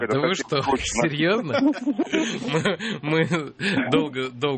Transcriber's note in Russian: все смеются